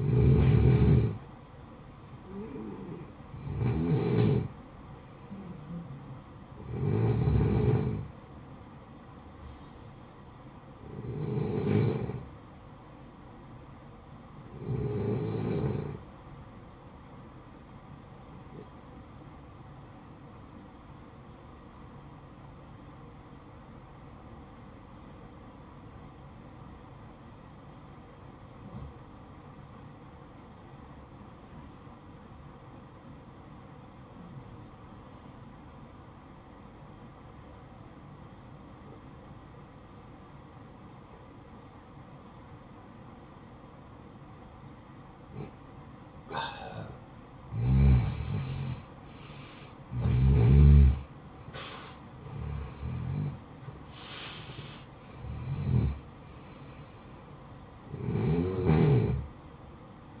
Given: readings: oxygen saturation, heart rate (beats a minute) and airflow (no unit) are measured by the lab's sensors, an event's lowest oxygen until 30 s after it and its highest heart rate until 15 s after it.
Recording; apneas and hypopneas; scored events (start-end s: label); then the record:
breathing in sleep by a smartphone at the bedside; 1
24.00-48.30 s: obstructive apnea (N1, oxygen 94% highest, then 88% lowest, heart rate 59 at the start, 70 highest)
From the record:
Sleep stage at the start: N1 (lightest sleep); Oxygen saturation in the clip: 87 to 94%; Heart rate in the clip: 54 to 71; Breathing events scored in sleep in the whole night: 573 in 9.8 hours asleep